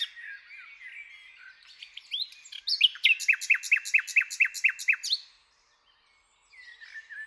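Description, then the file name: Common nightingale song: quiet notes build into a loud phrase of sharp repeated chirps, then brief silence and soft notes. "Luscinia megarhynchos"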